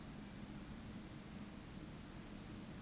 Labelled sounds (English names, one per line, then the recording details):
Eurasian Woodcock whistle
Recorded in Baden-Württemberg, Germany, on 14 May 2021 at 19:45 UTC
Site 25175, 602 m above sea level